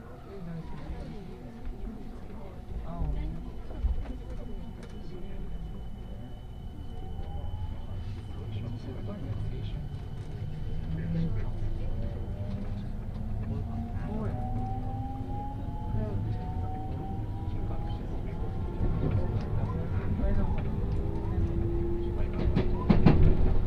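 Ride aboard a Tokaido Main Line special rapid train from Kusatsu toward Shin-Osaka, with a steady low rumble of the train running throughout. Voices murmur over the noise, and rising motor whines climb in pitch as the train speeds up, growing louder toward the end.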